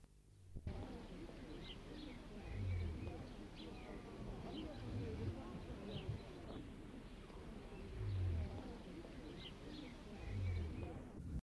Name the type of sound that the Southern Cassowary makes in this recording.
call